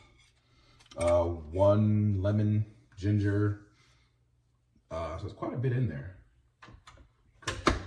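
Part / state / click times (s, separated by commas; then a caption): hopper lid onto juicer hopper / seated / 7.5 s, 7.7 s. Someone talks while loading produce into a matte black Hurom H400 Easy Clean Slow Juicer, then puts the top lid on and pushes it down onto the lip of the plastic hopper after a couple of faint taps. The lid locks into place with two sharp plastic clicks at 7.5 s and 7.7 s, which is what the lip is there for.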